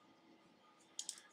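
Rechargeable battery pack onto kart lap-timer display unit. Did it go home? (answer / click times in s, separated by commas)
yes / 1.0 s, 1.1 s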